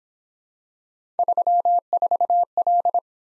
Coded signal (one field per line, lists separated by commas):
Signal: Morse code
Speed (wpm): 28 wpm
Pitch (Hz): 700 Hz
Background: none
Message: 34L